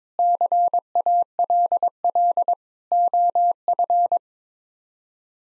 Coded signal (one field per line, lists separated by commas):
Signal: Morse code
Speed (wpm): 22 wpm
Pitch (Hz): 700 Hz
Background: none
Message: CALL OF